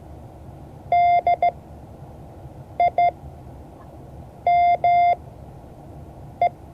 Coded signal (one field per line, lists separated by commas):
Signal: Morse code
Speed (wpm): 15 wpm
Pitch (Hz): 700 Hz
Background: none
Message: DIME